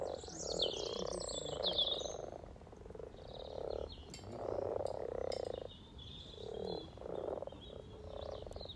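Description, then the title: Frog croaks as repeated purring bursts, with a bird warbling at the start and more bird calls later. Spring chorus of about 20 frogs in a sunny garden pond on freshly laid spawn, welcoming arriving females; Freshfield, Formby, Merseyside, UK, sunny St Patrick's Day, 17 March 2023. "Frog Chorus Spring sounds first Lunch outside St Patrick’s day 17 March 2023 . Freshfield, Formby"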